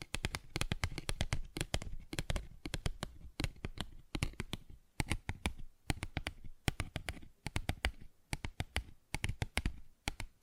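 Fingers tap and scratch on a paper bag in quick, uneven bursts, each hit a sharp crisp click with a papery rustle. The taps come several per second in clusters with brief pauses, continuing steadily through the whole ten seconds.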